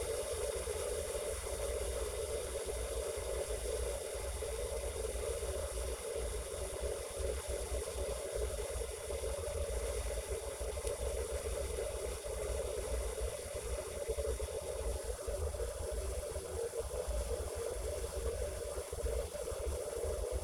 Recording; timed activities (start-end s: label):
household activities, microphone on the right wrist
0.00-20.44 s: making tea